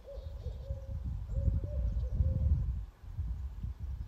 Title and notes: a pair of Barred Owls stationed themselves deep in the woods and called, “Who cooks for you? Who cooks for you-all?” back and forth to each other.